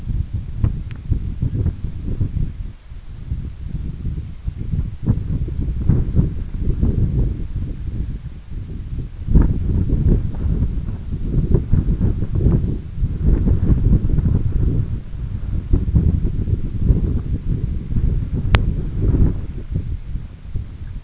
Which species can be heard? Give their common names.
none